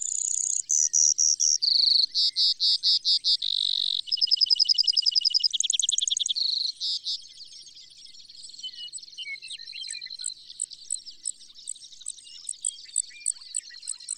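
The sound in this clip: Bird delivering a series of high, fast trills, each phrase at a different pitch and pace, then quieter, sparse, sharp repeated notes.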